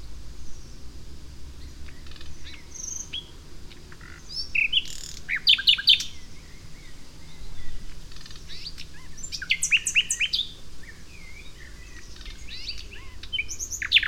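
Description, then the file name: Common nightingale song, varied phrases of sharp whistles, buzzy chirps and rapid trills in bursts, with a low background hum. "Luscinia megarhynchos"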